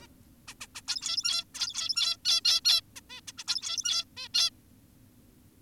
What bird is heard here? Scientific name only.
Taeniopygia guttata